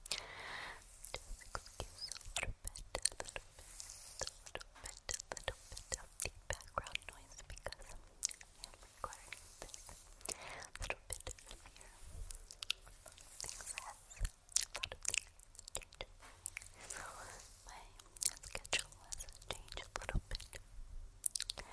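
Dense clicks and rustles come in rapid, irregular bursts throughout, like nails tapping and fingers moving through hair, with crisp bright edges. Faint, indistinct whispering sits underneath, and a low steady hum runs beneath everything.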